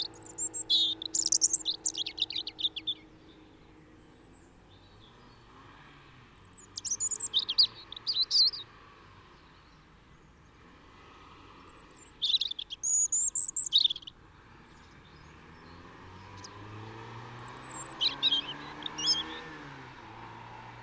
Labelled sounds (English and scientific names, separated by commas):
European Robin (Erithacus rubecula) song